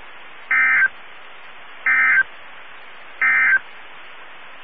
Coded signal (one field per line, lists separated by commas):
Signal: Emergency Alert System (SAME) tones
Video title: EAS 1728-1732 (4/27 & 4/28/22)